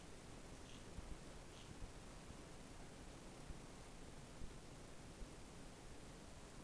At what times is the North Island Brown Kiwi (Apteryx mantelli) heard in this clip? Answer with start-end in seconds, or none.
none